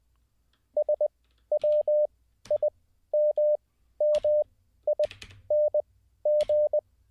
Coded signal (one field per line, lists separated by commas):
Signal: Morse code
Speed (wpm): 20 wpm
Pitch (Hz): 600 Hz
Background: none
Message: SWIMMING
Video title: How To Learn Morse Code LIVE with N0SSC (Day 15)